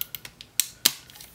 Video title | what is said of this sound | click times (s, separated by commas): Transformers Review Takara MP-17 Masterpiece Prowl | push until it snaps then what I like to do is come in the back | 0.6 s, 0.9 s